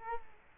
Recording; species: mosquito wingbeat signal from an infrared sensor; Culex quinquefasciatus